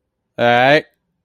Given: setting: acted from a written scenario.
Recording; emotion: vocal sound without words; negative surprise